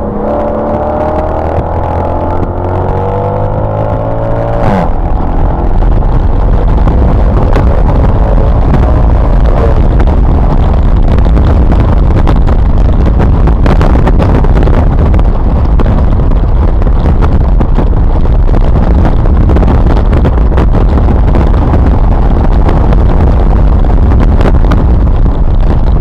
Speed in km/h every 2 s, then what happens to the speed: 71, 92, 113, 138, 151, 156, 151, 148, 143, 142, 145, 158, 156.
0-9 speeds up to 156. 9-19 slows to 142. 19-23 speeds up to 158.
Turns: 13-21.